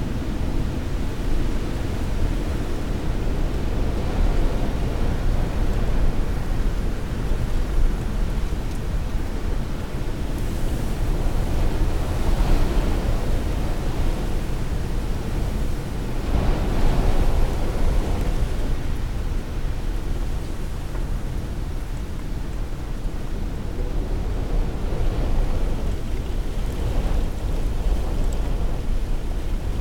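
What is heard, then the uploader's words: Storm wind roars steadily for the whole stretch, a dense, deep rush weighted toward the low end with little high hiss. Brief stronger gusts swell and brighten the sound around 10, 12, 16 and 27 seconds, then settle back into the constant rumble. STORM WINDS • A Natural Source of Brown Noise.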